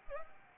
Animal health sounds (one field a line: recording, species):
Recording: mosquito wingbeat signal from an infrared sensor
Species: Anopheles arabiensis